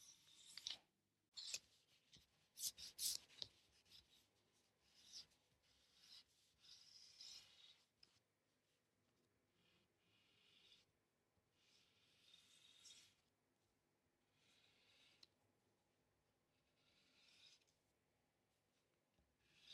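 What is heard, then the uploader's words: Tailor's chalk scratches across waxed cotton fabric in short, dry, bright strokes. The loudest, densest strokes come in the first few seconds, then the marking continues in softer, irregular bursts every second or two, with brief quiet gaps between them. ASMR tailor's chalk on waxed cotton fabric.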